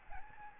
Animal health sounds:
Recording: mosquito wingbeat signal from an infrared sensor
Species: Aedes albopictus

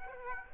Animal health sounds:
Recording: mosquito wingbeat signal from an infrared sensor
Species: Aedes aegypti

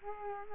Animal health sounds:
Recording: mosquito wingbeat signal from an infrared sensor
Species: Culex quinquefasciatus

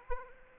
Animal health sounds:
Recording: mosquito wingbeat signal from an infrared sensor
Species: Aedes aegypti

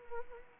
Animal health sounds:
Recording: mosquito wingbeat signal from an infrared sensor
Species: Anopheles arabiensis

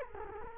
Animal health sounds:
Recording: mosquito wingbeat signal from an infrared sensor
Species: Culex quinquefasciatus

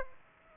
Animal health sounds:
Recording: mosquito wingbeat signal from an infrared sensor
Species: Aedes aegypti

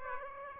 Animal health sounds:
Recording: mosquito wingbeat signal from an infrared sensor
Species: Aedes aegypti

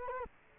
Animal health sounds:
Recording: mosquito wingbeat signal from an infrared sensor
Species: Culex quinquefasciatus

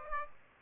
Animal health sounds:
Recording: mosquito wingbeat signal from an infrared sensor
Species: Aedes aegypti

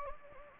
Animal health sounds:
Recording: mosquito wingbeat signal from an infrared sensor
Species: Anopheles gambiae

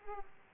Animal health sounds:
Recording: mosquito wingbeat signal from an infrared sensor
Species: Aedes aegypti

